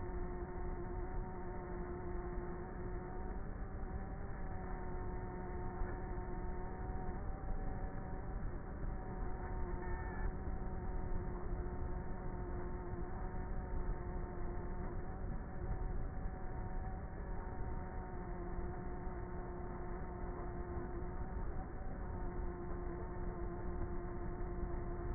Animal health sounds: honeybee colony, microphone inside the hive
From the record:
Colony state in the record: queenless with a low population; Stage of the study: before two queens were removed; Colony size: about 30,000 bees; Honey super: no

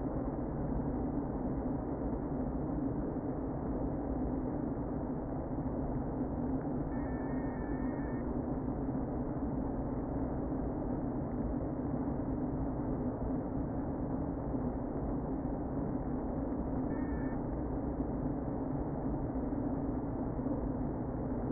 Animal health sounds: honeybee colony, microphone inside the hive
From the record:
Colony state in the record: queen present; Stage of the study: before two queens were removed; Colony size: about 60,000 bees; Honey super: yes

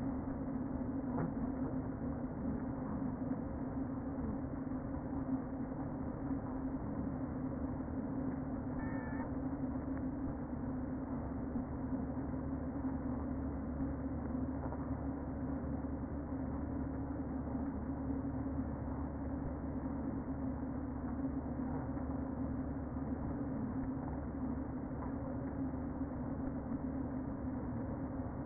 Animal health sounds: honeybee colony, microphone inside the hive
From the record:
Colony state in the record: queen present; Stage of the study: before two queens were removed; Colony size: about 60,000 bees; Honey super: yes

